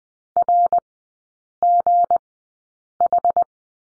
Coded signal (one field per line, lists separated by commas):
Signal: Morse code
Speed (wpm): 20 wpm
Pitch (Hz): 700 Hz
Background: none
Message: RGH